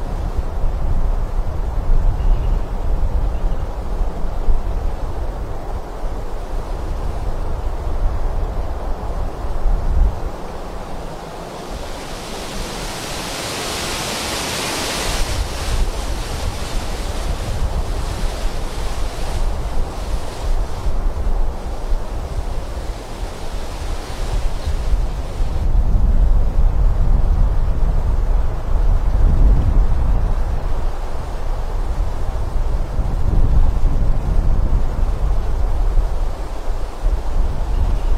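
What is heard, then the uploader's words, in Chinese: Wind moves through a forest in a steady low rush, with a brighter hiss swelling around twelve to fifteen seconds before settling back. 森林间的风。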